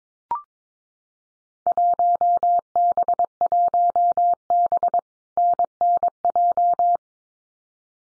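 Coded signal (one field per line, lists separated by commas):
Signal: Morse code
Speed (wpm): 22 wpm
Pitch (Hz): 700 Hz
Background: none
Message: 1B1B NNJ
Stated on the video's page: Field Day exchange copying drill at 22 wpm; each exchange is sent in Morse, spoken, then sent again.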